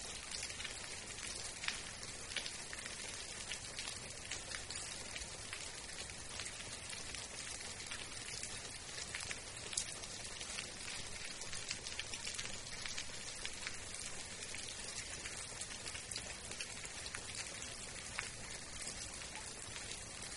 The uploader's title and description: Rainy Ambience with Thunder Echoes. The rhythmic pitter-patter of raindrops and the deep, resonant echoes of distant thunder